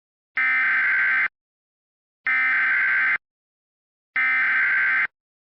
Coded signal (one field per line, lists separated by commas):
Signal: Emergency Alert System (SAME) tones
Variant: header bursts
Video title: EAS Mock: Civil Emergency Message (Requested)